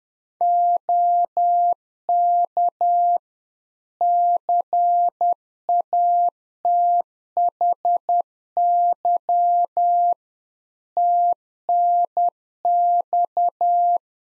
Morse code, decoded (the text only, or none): OK CATHY TNX